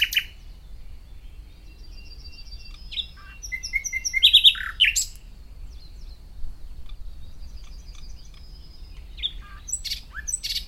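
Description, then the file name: Common nightingale song: scattered whistles and chirps with a loud burst of sharp notes around the middle, then quieter phrases and a few clicks near the end. "Luscinia megarhynchos"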